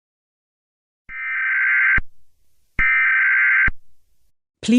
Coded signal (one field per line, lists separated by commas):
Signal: Emergency Alert System (SAME) tones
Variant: header bursts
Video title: South African EAS Alert FAKE/MOCK